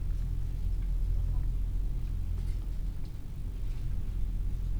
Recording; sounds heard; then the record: poultry house recording; healthy chickens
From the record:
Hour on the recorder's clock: 16